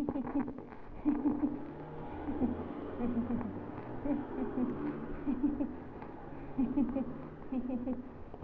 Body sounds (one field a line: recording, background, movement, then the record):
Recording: laughter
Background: traffic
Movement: sitting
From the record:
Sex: female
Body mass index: 22.6 kg/m2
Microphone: on the chest, facing the body